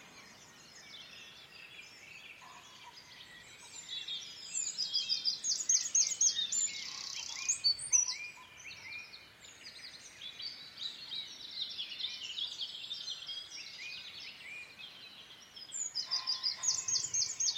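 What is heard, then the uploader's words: A dawn chorus in the English countryside: many birds sing at once in a dense, varied tangle of bright chirps, trills and whistles. The song swells louder from about four seconds, eases in the middle, and surges again near sixteen seconds over a soft steady hiss. Dawn chorus in the countryside. Calm morning in the English countryside. It's early spring so the dawn chorus is lush and varied, with plenty of birdsong filtering in through the mist.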